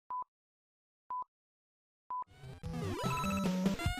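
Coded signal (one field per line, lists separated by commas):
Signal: none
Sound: intro music beeps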